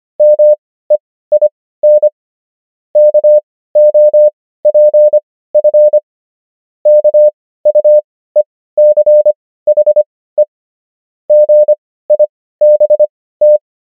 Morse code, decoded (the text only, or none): MEIN KOPF KUECHE GIBT